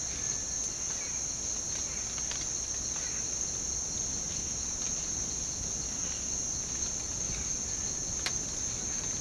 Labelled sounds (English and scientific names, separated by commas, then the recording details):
none
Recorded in dense forest near Puerto Asís, Putumayo, Colombia, on 25 June 2025 at 07:30
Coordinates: 0.499, -76.324
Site G100